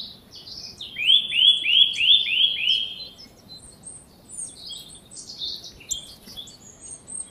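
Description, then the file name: Eurasian nuthatch calling a rapid run of several clear, upslurred whistled notes, followed by scattered high twittering and chips. "Sitta europaea"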